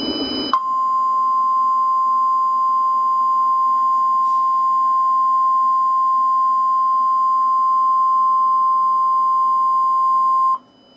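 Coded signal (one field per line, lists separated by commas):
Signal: Emergency Alert System (SAME) tones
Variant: 1050 Hz attention tone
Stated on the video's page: Simulated EAS scenario recreating severe weather coverage, not a real broadcast.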